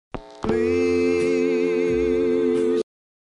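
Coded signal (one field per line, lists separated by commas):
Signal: telephone call progress tone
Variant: North America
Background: music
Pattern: dial tone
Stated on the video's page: Sounds recorded from the Commerce, Georgia area exchanges: Commerce NX1 and Homer and Braselton XY switches.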